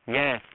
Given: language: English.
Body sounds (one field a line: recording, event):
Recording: throat vibration sensor signal played as sound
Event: speech